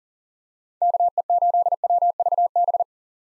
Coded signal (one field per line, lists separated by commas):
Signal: Morse code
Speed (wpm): 40 wpm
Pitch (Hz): 700 Hz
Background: none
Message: KE8WVB